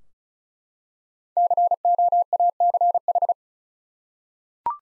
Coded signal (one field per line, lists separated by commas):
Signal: Morse code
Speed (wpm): 36 wpm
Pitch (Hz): 700 Hz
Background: none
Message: COACH